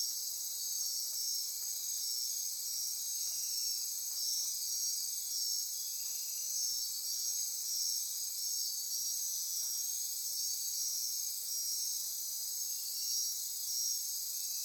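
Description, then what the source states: Insects trilling together in a constant high, shimmering wall of sound, level and unchanging, with faint clicks lower down. Insect chorus at midnight near Corcovado.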